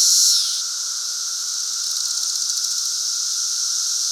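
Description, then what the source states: Periodical cicada chorus: a loud buzzing swell falls off, then a rapid series of ticking pulses over a continuous high drone and lower whine. Chorus in Central Illinois during the 2024 cicada super bloom.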